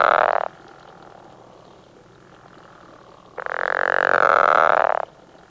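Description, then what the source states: Pickerel frog producing two rough, snore-like calls, the first ending quickly at the start and the second loud and lasting about one and a half seconds. Recorded in Texas.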